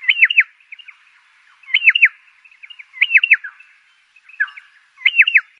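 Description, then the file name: Pardalote song of crisp, down-slurred double and triple chirps, repeated several times, with soft chatter between phrases. "canto do pardalote"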